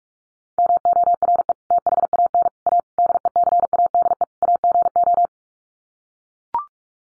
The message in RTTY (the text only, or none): none